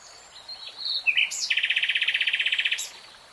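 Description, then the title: Nightingale song: brief whistles, then a fast, even rattle of repeated notes lasting over a second before stopping. Nightingale singing in real time. "[Tiếng chim hót] 3 Hours REALTIME Nightingale Singing"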